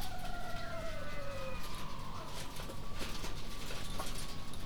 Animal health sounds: poultry house recording; healthy chickens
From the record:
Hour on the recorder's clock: 19

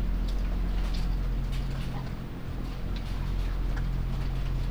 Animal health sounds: poultry house recording; sick chickens (respiratory disease)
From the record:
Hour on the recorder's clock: 2

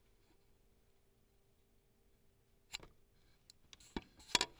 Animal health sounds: poultry house recording; no chicken sound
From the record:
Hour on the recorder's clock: 5

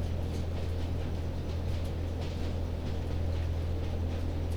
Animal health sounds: poultry house recording; no chicken sound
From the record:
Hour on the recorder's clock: 22

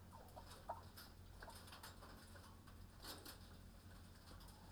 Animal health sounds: poultry house recording; healthy chickens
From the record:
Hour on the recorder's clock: 20

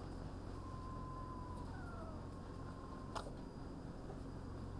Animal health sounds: poultry house recording; sick chickens (respiratory disease)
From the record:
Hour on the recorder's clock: 15

